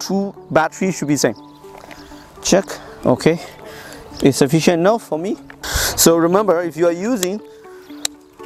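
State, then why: Seated. A flight battery is inserted into the battery bay of a DJI FlyCart 30 cargo drone while someone talks over background music. A single sharp click at 8.1 s marks the battery locking in place, seated.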